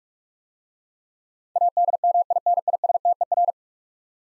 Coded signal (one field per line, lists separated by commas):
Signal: Morse code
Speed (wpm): 44 wpm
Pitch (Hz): 700 Hz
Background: none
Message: ADMINISTER